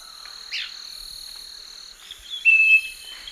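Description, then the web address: Scaly-breasted Wren song: a single clear, level whistled note near the end, over steady high insect buzzing and a brief sweeping chirp early on. Song recorded in the eastern lowlands of South America. "Natures Songs S America Eastern Lowlands Microcerculus marginatus, song"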